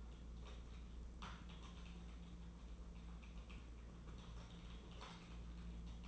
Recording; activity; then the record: daily activity, microphone in the room; typing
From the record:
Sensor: 1